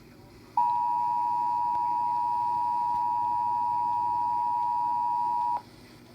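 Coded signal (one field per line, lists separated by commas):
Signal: Emergency Alert System (SAME) tones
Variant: 853 and 960 Hz attention tone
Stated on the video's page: Severe thunderstorm warning alert for Gray, Maine.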